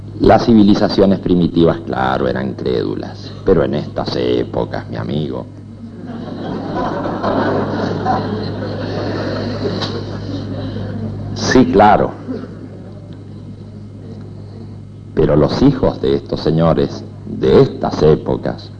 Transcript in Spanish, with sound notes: Las civilizaciones primitivas, claro, eran crédulas, pero… en estas épocas, mi amigo! (Risas) Sí, claro, pero los hijos de estos señores de estas épocas,